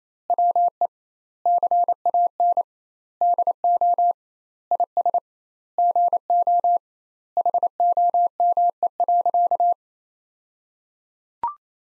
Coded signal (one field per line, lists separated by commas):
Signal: Morse code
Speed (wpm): 28 wpm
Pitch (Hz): 700 Hz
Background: none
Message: WE CAN DO IS GO HOME.